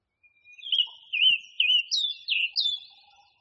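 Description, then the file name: Song thrush song: a continuous flowing phrase of slurred whistles dipping and rising, ending with higher swooping notes. Masteran recording used for training songbirds. "suara masteran songthrush"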